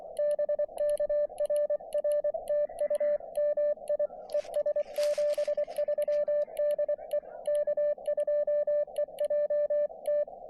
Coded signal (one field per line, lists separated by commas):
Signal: Morse code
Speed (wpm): 24 wpm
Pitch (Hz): 590 Hz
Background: none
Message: BK RR TU MI ES 73 DE K2EJT